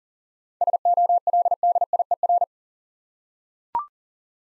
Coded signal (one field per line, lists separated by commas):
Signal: Morse code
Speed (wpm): 38 wpm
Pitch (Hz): 700 Hz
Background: none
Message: SOLDIER